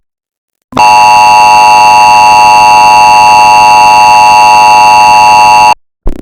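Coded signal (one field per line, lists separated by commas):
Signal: Emergency Alert System (SAME) tones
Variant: 853 and 960 Hz attention tone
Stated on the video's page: Vocoded, chorded EAS alarm sound, not a real alert.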